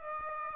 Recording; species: mosquito wingbeat signal from an infrared sensor; Aedes aegypti